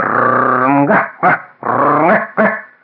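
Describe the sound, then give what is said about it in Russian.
A small shaggy red dog named Kashtanka, in a garden, gives two long, drawn-out, strained barks, each ending in a quick pair of short, sharp yaps, loud and with no talking around it, while kicking up earth with its hind legs. “Снизу из сада на меня залаяла мохнатая рыжая собачка по имени Каштанка.”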